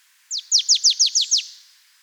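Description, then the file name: Marsh tit calling, a rapid series of seven sharp, downward-slurred high notes in just over a second, then silence. "Poecile palustris"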